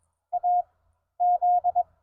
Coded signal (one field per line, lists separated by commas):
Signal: Morse code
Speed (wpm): 19 wpm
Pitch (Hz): 700 Hz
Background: none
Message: AZ